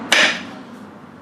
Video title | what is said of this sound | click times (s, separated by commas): Bacaruda Adapter Plate Installation and Test | that snapped in place let's give it a good Rock yep | 0.1 s